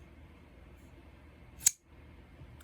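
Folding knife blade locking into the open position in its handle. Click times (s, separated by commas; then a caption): 1.7 s. A folding knife is flicked open so its steel blade swings out of the handle, and the lock engages with a single sharp, bright snap at 1.7 s over a low steady background hum. The blade locks into the open position cleanly, with no issues.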